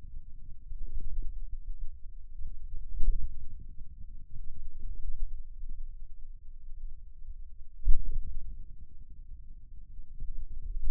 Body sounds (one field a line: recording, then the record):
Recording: forearm muscle sounds (acoustic myography)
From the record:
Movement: ulnar deviation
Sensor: system 2, bracelet of six BSWA MPA416 microphones around the upper forearm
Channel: 2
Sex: male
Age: 22 years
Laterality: right